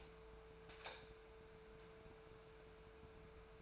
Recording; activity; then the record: daily activity, microphone in the room; light on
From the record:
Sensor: 2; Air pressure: 1014.6 hPa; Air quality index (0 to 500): 187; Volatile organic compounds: 14 ppm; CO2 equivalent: 2475 ppm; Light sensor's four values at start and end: 29/70/30/33 and 33/87/37/40